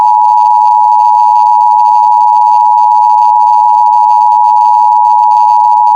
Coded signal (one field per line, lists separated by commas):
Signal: Emergency Alert System (SAME) tones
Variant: 853 and 960 Hz attention tone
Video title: EAS Scenario Nightmares